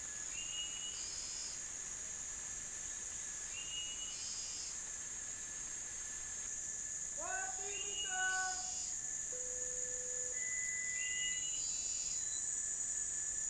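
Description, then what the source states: Bird calls, short high chirping phrases repeated every few seconds over a constant shrill hiss, with a stacked tonal call midway and a brief low steady tone. United States, 17 December 2021.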